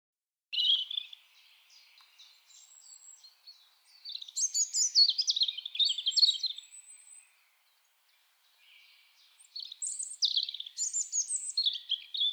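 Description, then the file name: European robin repeating short bursts of high, liquid, tinkling song, separated by pauses of near silence, each phrase mixing slurred whistles and quick trills. "Erithacus rubecula"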